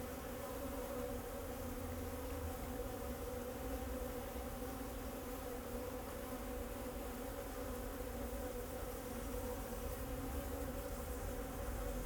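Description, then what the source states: Bees humming steadily, several overlapping buzzes forming an even drone above a deep rumbling background. Bees flying around the recordist in Jacques Brelpark, Kersbeeklaan, Vorst, Belgium; train in background; recorded binaurally with a Sennheiser Ambeo binaural headset.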